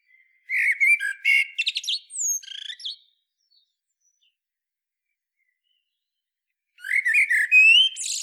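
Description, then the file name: Common blackbird song: two warbling phrases of whistles and twitters separated by several seconds of silence. "Turdus merula"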